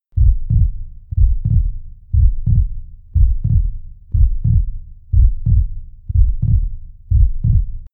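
Regular, low, paired thumps repeat about once a second, roughly 60 beats a minute, with eight beats heard. Each beat has a first and second heart sound, with a soft low hum trailing between beats.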